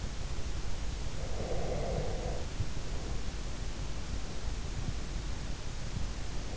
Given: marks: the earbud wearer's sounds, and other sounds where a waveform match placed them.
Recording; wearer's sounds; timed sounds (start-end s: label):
sounds in sleep by an in-ear microphone; breath
1.22-3.43 s: breath